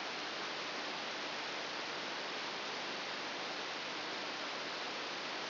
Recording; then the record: brain microelectrode recording played as sound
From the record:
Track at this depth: inside the subthalamic nucleus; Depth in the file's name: 1.606 mm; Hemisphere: right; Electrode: 3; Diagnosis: Parkinson's disease